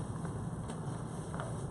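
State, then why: Not seated. A rubber band is stretched around a beading board to hold the thread under tension. Over a steady low rumble, two short, sharp ticks are heard at about 1.3 and 1.4 seconds. The band is being handled, and nothing has seated or snapped into place yet.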